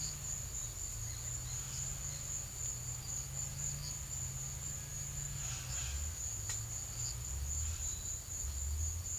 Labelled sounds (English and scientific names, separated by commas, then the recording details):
none
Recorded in secondary vegetation near Puerto Asís, Putumayo, Colombia, on 18 December 2024 at 13:00
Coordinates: 0.499, -76.323
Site G010